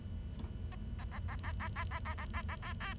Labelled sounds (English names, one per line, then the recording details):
Bengalese Finch song
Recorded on 23 June 2012 at 07:54
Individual gr41rd51